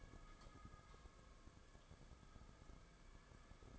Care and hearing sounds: daily activity, microphone in the room; light off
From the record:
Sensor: 5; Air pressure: 994.5 hPa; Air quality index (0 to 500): 192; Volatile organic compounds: 1000 ppm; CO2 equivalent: 5648 ppm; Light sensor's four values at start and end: 27/70/29/34 and 26/66/27/32

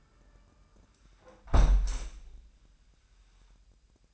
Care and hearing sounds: daily activity, microphone in the room; close window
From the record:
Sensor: 2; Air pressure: 998.4 hPa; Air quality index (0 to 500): 131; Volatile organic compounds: 3 ppm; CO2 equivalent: 1482 ppm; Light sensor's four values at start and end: 6/15/6/7 and 6/15/6/7

